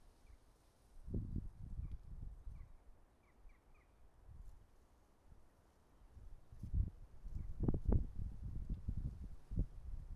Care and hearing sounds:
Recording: everyday scene through a hearing-aid microphone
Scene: wind on the microphone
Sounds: wind, traffic, birds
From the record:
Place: suburban garden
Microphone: behind the ear, right, rear

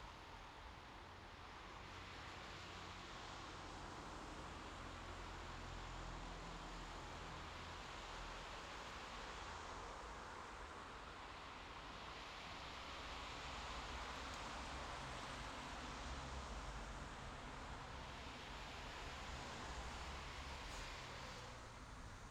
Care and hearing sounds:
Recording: everyday scene through a hearing-aid microphone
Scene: in traffic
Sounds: traffic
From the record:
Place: bus stop on a city main road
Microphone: in the ear canal, left

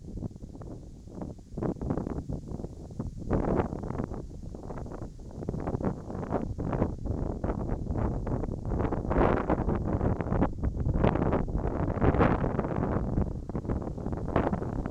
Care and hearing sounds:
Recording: everyday scene through a hearing-aid microphone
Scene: wind on the microphone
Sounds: wind, whistling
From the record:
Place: in front of a rural house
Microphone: in the ear canal, right

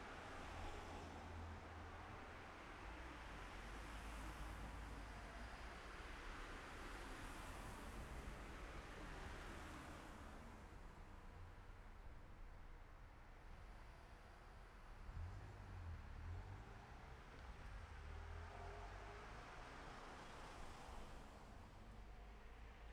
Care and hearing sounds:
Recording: everyday scene through a hearing-aid microphone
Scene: in traffic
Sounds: traffic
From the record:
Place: city secondary road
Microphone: behind the ear, left, front

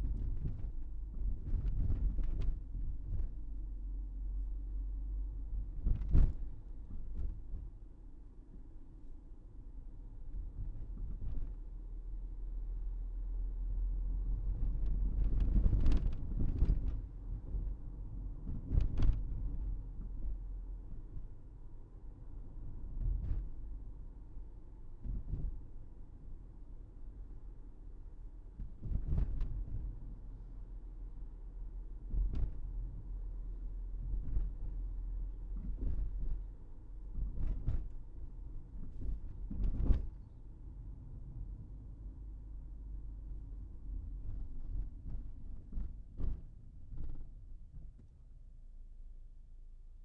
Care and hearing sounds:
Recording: everyday scene through a hearing-aid microphone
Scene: in a vehicle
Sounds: engine, rumble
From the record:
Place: Berlingo II, diesel engine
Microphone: behind the ear, right, front

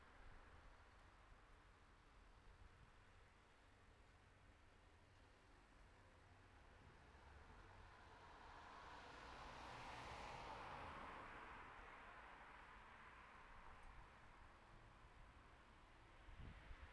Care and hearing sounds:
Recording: everyday scene through a hearing-aid microphone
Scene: in traffic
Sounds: traffic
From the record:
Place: city secondary road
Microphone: behind the ear, right, rear

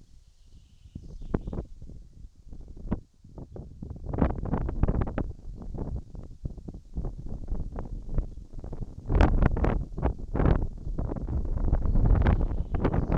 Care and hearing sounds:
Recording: everyday scene through a hearing-aid microphone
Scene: wind on the microphone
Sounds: wind, birds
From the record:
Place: in front of a rural house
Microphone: in the ear canal, right

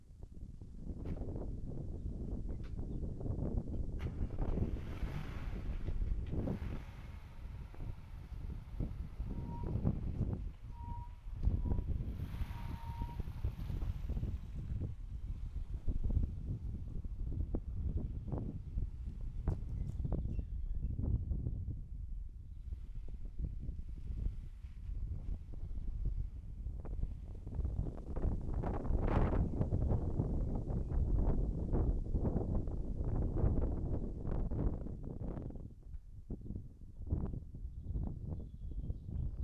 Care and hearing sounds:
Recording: everyday scene through a hearing-aid microphone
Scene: wind on the microphone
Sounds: wind, vehicle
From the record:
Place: in front of a rural house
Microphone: behind the ear, right, rear

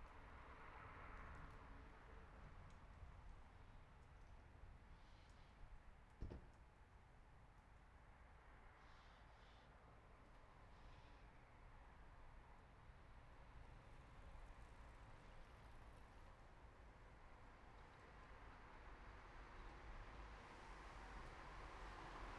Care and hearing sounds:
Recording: everyday scene through a hearing-aid microphone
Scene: in traffic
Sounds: traffic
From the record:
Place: city secondary road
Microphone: behind the ear, right, front

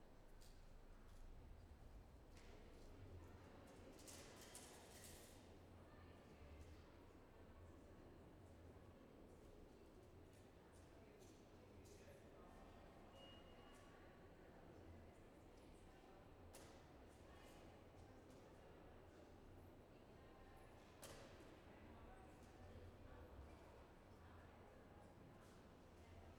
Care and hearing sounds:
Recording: everyday scene through a hearing-aid microphone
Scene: reverberant space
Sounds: background noise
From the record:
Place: railway station hall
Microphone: behind the ear, left, rear

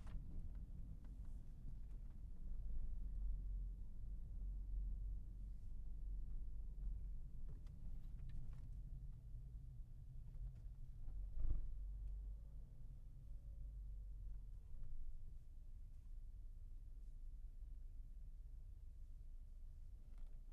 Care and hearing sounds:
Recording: everyday scene through a hearing-aid microphone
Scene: in a vehicle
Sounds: engine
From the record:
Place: Berlingo II, diesel engine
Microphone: behind the ear, left, front

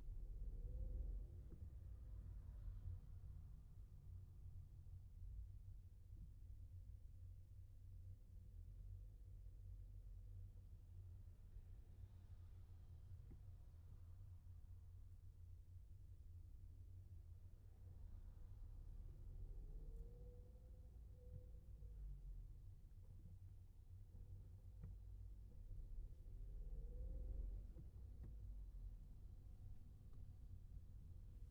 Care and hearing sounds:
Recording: everyday scene through a hearing-aid microphone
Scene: in a vehicle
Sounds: engine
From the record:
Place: Skoda Fabia, gasoline engine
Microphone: behind the ear, left, front

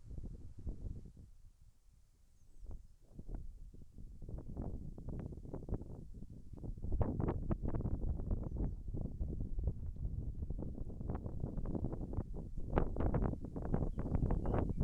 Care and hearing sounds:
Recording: everyday scene through a hearing-aid microphone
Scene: wind on the microphone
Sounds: wind, birds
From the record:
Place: in front of a rural house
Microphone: behind the ear, left, rear

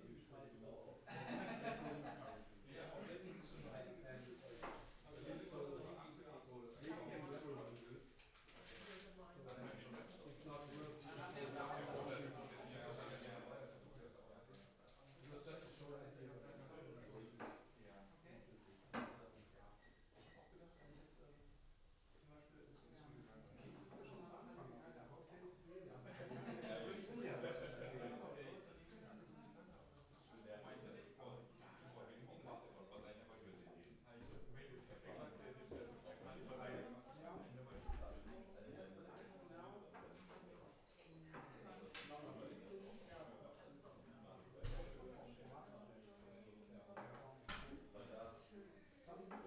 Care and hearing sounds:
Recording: everyday scene through a hearing-aid microphone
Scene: many people talking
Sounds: many voices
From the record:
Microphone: behind the ear, left, rear

